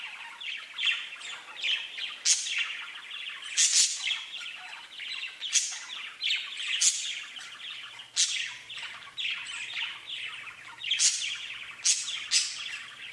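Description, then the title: Budgerigar warbling chatter, busy and continuous, with raspy trills and frequent bright, high squeaks scattered throughout. "Budgie Sounds"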